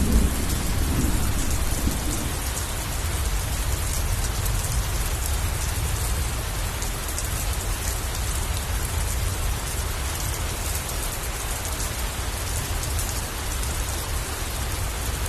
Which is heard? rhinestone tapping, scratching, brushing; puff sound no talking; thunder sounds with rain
thunder sounds with rain